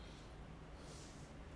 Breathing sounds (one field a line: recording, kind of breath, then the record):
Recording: one breath in and out by a microphone near the nose and mouth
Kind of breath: normal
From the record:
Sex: male